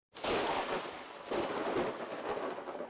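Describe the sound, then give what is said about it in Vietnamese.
Thunder from dark clouds, with a flash of lightning, rolls in with a heavy, broad roar, then a second loud crash breaks out just over a second later and rumbles on steadily to the end, with no voices. “Đúng lúc này, một tia chớp lóe lên trong mây đen, tiếng sấm rền biến thành tiếng sấm vang rồi, cực kỳ đáng sợ.”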